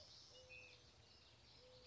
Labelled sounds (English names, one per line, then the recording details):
Mourning Dove
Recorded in Sonoma County, California